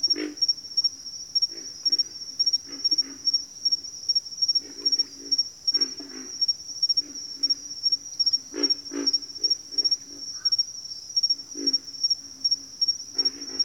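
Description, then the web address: Pig frog: deep grunting croaks of pig frogs scattered throughout, a few loud and sharp, set against a continuous high insect trill. "Sleep Sounds of Nature. Pig Frogs"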